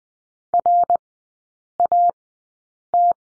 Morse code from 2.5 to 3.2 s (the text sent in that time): T